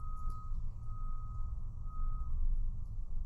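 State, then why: Not seated. The spring bar on a Rolex bracelet end is held down with a pin punch while the metal Fliplock clasp (without dive extension) is moved around to line the spring bar tip up with its hole. A steady high tone comes and goes over a constant low rumble, with only faint handling sounds. Nothing has seated or clicked yet.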